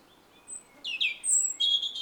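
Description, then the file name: European robin: a short fragment of high, squeaky notes and sliding whistles, growing louder toward the end. "Erithacus rubecula"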